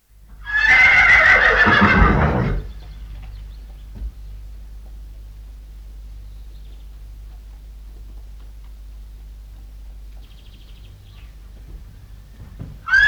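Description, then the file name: Horse giving a loud, quavering whinny lasting about two seconds, followed by a long quiet stretch and the start of another neigh at the very end. "Het hinniken van een paard - Sound Cloud - Beeld en Geluid"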